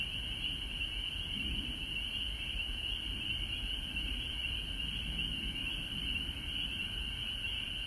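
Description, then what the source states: Frog chorus ringing continuously at a high pitch over low rumbling noise that swells slightly at times. Frogs recorded at home in Georgia on March 19, 2020.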